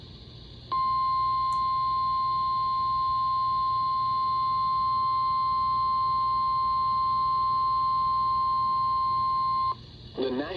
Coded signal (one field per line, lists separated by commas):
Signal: Emergency Alert System (SAME) tones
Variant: 1050 Hz attention tone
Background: speech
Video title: Mid-Summer Marathon Pt. 2 - EAS Alerts from July 10-17, 2025 || EAS 1,971-1,977